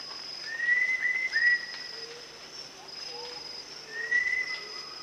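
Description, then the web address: Rufous-tailed shama singing long slurred whistles, a few near the start and another near the end, over a constant high-pitched insect hum. Recorded at Danum on 1 January 2008. "DANUM 20080101. rufous-tailed shama"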